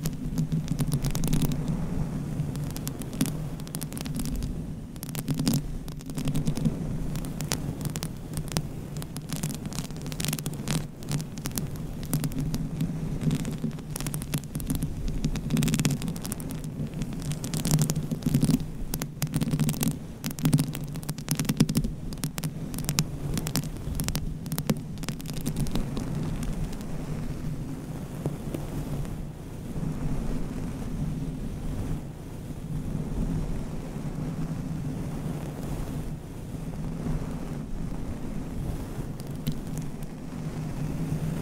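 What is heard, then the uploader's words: Scratching, tapping and brushing on a microphone cover, heard as dense clusters of dry rustles and taps that come thickest between about 15 and 25 seconds, then thin out. A steady low hum runs underneath throughout. ASMR Mic Scratching - Tapping & Brushing on DIY Mic Cover. No Talking.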